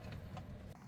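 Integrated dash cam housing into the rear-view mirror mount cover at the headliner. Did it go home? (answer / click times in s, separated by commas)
yes / 0.4 s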